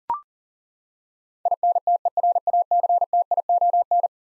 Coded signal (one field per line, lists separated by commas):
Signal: Morse code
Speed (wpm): 40 wpm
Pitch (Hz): 700 Hz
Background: none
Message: INTERACTION